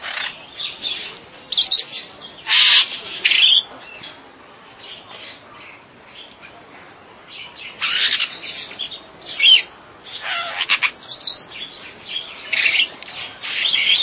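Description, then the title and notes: Bird uttering harsh, buzzy chirps in uneven groups separated by short pauses. "Bird Sound. Kicau Burung Lengkap"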